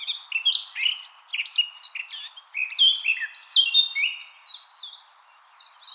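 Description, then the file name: Eurasian blackcap song: a rapid, scratchy warble of varied high notes that runs into a series of clearer, repeated whistled phrases near the end. "Sylvia atricapilla"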